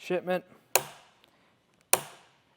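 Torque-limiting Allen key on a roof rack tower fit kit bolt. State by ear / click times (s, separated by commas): torque reached / 1.9 s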